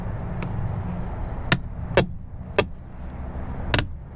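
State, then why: Not seated. Replacement side mirror glass is handled against the side mirror housing of a Toyota Tacoma: it is hooked under two tabs, pivoted down and pushed at the bottom. Several sharp handling knocks sound over a low steady background, near 1.5, 2.0, 2.6 and 3.8 seconds. The glass has not snapped into the housing yet; nothing has seated.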